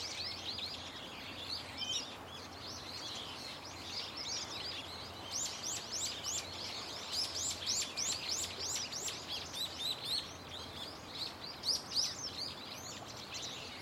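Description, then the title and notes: Birds in full chorus, sharp high chirps starting sparse then thickening into rapid overlapping bursts of twittering. Many birds calling loudly and continuously from a tetrapod breakwater belt and its trees; recorded with microphone and camera. "テトラ帯とその木々から、けたたましいほどのの鳥たちの鳴き声が・・・！"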